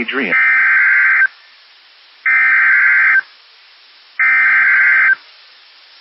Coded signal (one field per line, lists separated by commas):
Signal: Emergency Alert System (SAME) tones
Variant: header bursts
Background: speech